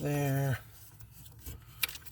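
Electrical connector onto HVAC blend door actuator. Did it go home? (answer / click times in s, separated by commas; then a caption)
yes / 1.8 s. While installing a replacement HVAC blend door actuator behind the glove box of a 2009 Impala, someone talks briefly, then faint handling sounds follow as the electrical connector is pushed onto the actuator. A sharp click at 1.8 s marks the connector seating on the actuator.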